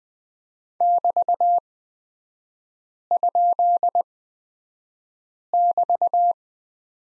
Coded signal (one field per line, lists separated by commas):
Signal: Morse code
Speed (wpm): 20 wpm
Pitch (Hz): 700 Hz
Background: none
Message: <BT>?<BT>